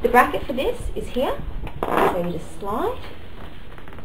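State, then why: Seated. The V-shaped bracket of a Stingray buggy's hip guide is slid into its mount on the buggy seat while someone talks. A quick run of small sharp clicks follows near the end, and the bracket clicks in and is seated at 3.8 seconds.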